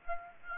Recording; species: mosquito wingbeat signal from an infrared sensor; Aedes aegypti